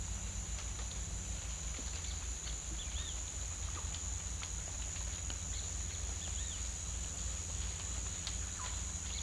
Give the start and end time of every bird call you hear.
2.65s-3.24s: bird call (1.8-4.4 kHz)
5.50s-6.63s: bird call (1.6-5.0 kHz)

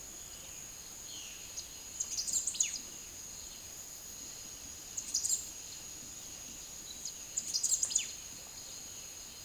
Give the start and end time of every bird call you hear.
1.41s-2.94s: bird call (1.0-10.1 kHz)
4.94s-5.54s: bird call (3.3-9.5 kHz)
7.09s-8.23s: bird call (1.7-9.4 kHz)

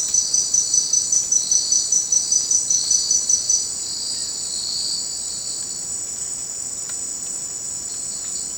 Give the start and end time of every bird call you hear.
4.09s-4.35s: bird call (1.1-3.6 kHz)

